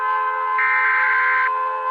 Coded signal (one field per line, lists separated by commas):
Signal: Emergency Alert System (SAME) tones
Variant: header bursts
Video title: (ARCHIVED) Debunk EAS alarms part 2 (Finally..)